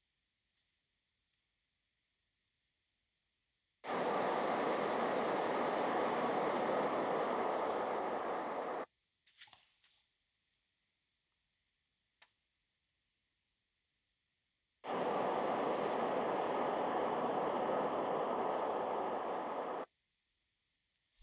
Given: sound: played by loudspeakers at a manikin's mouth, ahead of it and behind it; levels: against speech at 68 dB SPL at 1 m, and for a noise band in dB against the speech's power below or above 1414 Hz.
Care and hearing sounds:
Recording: test signals for a remote microphone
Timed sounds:
3.84-8.84 s: speech-spectrum noise from the mouth, facing ahead
14.84-19.84 s: speech-spectrum noise from the mouth, turned 45 degrees right
From the record:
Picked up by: remote microphone D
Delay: 24 ms

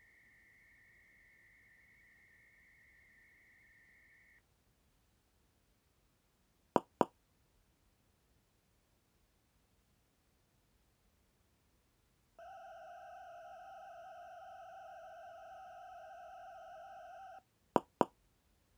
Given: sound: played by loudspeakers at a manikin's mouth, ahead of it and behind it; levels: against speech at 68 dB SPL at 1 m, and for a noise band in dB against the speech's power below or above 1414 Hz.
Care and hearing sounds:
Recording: test signals for a remote microphone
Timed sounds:
0.00-4.39 s: noise band at 2000 Hz, -13 dB
6.76 s: click
7.01 s: click
12.39-17.39 s: four noise bands (707, 1414, 2828 and 5656 Hz), 50 dB SPL
17.76 s: click
18.01 s: click
From the record:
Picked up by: measurement microphone

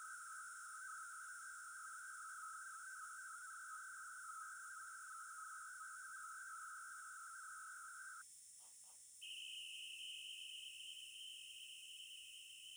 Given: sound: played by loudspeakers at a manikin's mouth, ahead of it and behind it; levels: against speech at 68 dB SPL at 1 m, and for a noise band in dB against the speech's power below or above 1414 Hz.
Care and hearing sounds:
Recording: test signals for a remote microphone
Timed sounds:
0.00-8.21 s: noise band at 1414 Hz, as loud as that band is in speech
9.21-12.77 s: noise band at 2828 Hz, as loud as that band is in speech
From the record:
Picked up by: remote microphone B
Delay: 24 ms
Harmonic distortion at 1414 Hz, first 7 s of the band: under -43 dB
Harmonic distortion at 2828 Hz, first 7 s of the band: under -17 dB (system noise only)

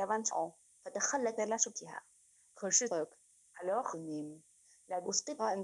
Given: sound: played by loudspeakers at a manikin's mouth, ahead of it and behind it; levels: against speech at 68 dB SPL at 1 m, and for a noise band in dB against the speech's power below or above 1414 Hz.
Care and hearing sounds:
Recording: test signals for a remote microphone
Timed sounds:
0.00-5.64 s: speech test signal (ISTS)
From the record:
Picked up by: remote microphone C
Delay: 23 ms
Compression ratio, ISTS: 1.61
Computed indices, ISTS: SII 0.995, HASPI 0.979, HASQI 0.323 (non-linear 0.389, linear 0.829), ESTOI 0.816

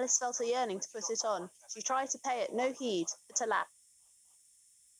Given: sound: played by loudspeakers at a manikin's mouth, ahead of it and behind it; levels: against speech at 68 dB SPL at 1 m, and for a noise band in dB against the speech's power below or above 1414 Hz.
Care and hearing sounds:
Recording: test signals for a remote microphone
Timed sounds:
0.00-3.63 s: woman speaking, babble ahead at +6 dB SNR for speech at 1 m
From the record:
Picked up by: remote microphone B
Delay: 24 ms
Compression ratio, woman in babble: 1.71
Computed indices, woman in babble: HASPI 0.957, HASQI 0.352 (non-linear 0.409, linear 0.859), ESTOI 0.804

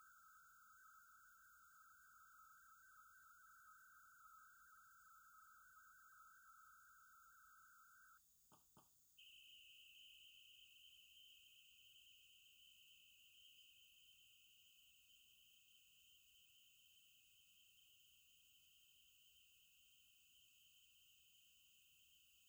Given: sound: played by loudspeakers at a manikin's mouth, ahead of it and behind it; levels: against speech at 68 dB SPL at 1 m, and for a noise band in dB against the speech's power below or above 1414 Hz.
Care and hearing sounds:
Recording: test signals for a remote microphone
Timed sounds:
0.00-8.17 s: noise band at 1414 Hz, as loud as that band is in speech
8.55 s: click
8.80 s: click
9.17-22.49 s: noise band at 2828 Hz, as loud as that band is in speech
From the record:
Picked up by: remote receiver E, fed by microphone B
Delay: 43 ms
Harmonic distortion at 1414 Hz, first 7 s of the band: under -44 dB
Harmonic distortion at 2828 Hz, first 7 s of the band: under -13 dB (system noise only)

